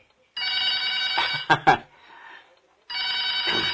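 A telephone bell rings in two bright, loud bursts separated by a short pause, with a couple of sharp clicks and a faint murmur in between.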